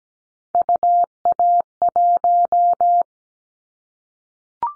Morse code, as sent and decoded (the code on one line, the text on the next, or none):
..- .- .----
UA1